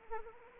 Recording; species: mosquito wingbeat signal from an infrared sensor; Anopheles arabiensis